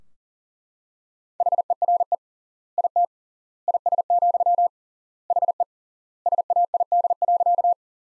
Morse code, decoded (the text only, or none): HERE IT IS, HE SAID.